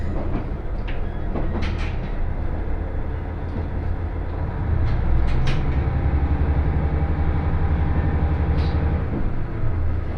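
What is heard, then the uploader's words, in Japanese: A local train on the Yamada Line runs along with a steady, heavy low rumble and a droning hum underneath. The rumble swells louder from about the midpoint. Brief bright clicks and squeaks break through now and then, near the start, middle and end. 山田線普通 区界→陸中川井。ひたすら下り坂となり、駅間も長い区間が連続します。集落をみることのほうが珍しい区間を閉伊川に沿いながら走っていきます。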